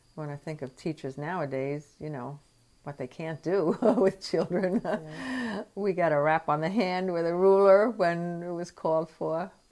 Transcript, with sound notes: When I think of teachers nowadays, you know, what they can't do with children. [laughs]
Yeah.
We got a rap on the hand with a ruler when it was called for.